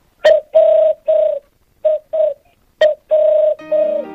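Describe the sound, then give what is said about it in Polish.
A caller on Polish Radio's Program Three (Trójka) imitates the cooing of a Eurasian collared dove: low, hollow, steady-pitched notes, each starting with a soft click, grouped into repeated phrases of one short coo followed by two longer ones. “A teraz sinogarlica.”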